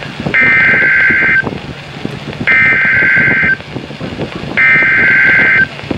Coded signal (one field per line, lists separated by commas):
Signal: Emergency Alert System (SAME) tones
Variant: header bursts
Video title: Double header Flash Flood Warning (EAS#52,53)